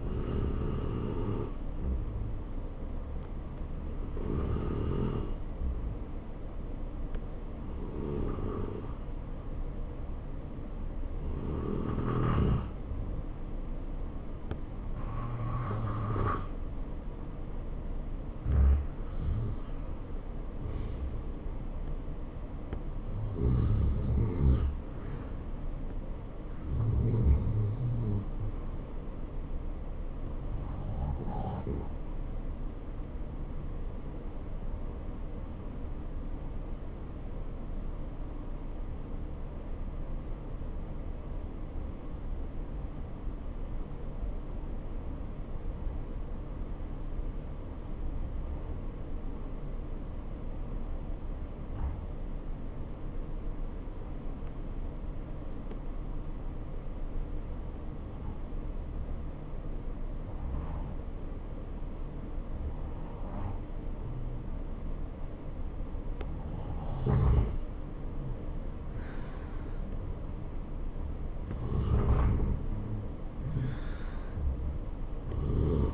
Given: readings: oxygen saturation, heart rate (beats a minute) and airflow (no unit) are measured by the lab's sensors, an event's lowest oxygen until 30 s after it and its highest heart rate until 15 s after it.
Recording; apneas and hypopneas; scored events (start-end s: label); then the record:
breathing in sleep by a smartphone at the bedside; 1
28.00-65.30 s: obstructive apnea (REM, oxygen 95% highest, then 87% lowest, heart rate 71 at the start, 74 highest)
From the record:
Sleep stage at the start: REM sleep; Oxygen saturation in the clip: 85 to 95%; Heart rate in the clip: 63 to 74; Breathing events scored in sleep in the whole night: 277 in 7.4 hours asleep